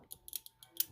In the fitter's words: that little click that means that it's good to go